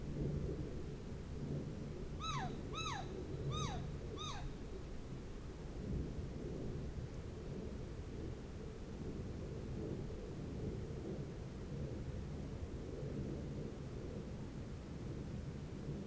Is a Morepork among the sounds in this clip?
yes